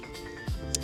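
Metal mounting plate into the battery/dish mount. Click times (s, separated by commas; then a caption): 0.7 s. A metal tripod mounting plate, attached to a Starlink Mini, is pushed into the mount on a Peakdo LinkPower 2 battery over steady background music. A low thud at about 0.5 s leads to a short, sharp high click at 0.7 s. The plate seats in the mount.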